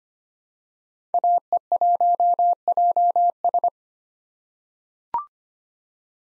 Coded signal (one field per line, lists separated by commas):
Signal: Morse code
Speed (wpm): 25 wpm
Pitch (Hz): 700 Hz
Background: none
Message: AE1JS